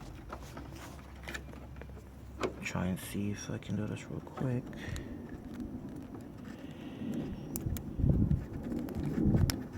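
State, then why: Seated. Two plastic wiring connectors from an HID headlight kit on a 2008 Mazda 3, each an HID ballast wiring connector going into its mating plug, are pushed together by hand while someone talks. Sharp snaps are heard at 7.6 s and 9.5 s as each connector seats.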